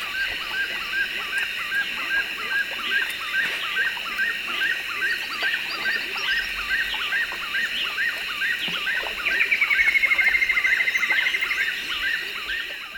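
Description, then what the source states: Straight-billed woodcreeper giving a brief falling series of rapid notes late, over a dense chorus of buzzy, chirping callers. South America, eastern lowlands.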